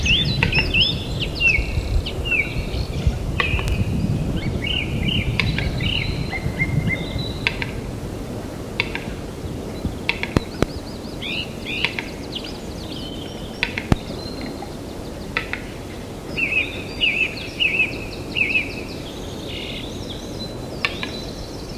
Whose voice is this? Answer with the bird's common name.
Western Capercaillie